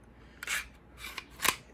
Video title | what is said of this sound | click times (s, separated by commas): Sarsilmaz ST45 Review Fullsize budget .45 | you do it very very similar and just kind of pull that back till you hear that little click. | 1.5 s